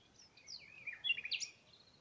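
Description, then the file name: Common nightingale song: a short warbled phrase of sliding, twisting notes rising and falling, with a sharper upward flourish near the end. "Luscinia megarhynchos"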